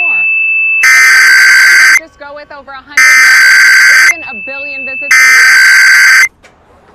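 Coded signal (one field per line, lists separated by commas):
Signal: Emergency Alert System (SAME) tones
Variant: header bursts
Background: speech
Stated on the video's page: Simulated EAS alert tones in a fictional invasion scenario, with frames skipped.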